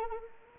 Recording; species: mosquito wingbeat signal from an infrared sensor; Anopheles arabiensis